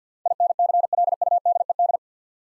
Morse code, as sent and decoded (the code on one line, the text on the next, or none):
.. -. -.-. .-.. ..- -.. . -..
INCLUDED